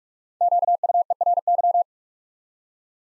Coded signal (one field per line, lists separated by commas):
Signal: Morse code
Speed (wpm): 44 wpm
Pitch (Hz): 700 Hz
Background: none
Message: QUERY